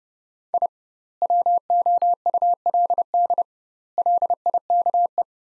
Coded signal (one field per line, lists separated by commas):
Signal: Morse code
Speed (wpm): 30 wpm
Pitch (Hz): 700 Hz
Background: none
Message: I WOULD LIKE